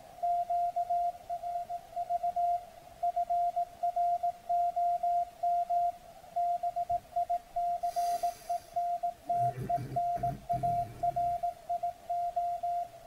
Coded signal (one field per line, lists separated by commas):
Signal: Morse code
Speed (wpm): 18 wpm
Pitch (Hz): 700 Hz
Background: radio noise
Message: QRV FROM BICENTENARIO